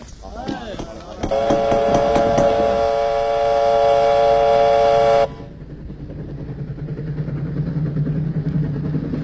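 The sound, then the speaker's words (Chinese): A train's whistle blares at night in one long, loud, steady multi-toned blast lasting about four seconds, then cuts off, leaving the low, continuous rumble of the train rolling along. “晚上，老红带领飞虎队杀上火车，结果了山口。”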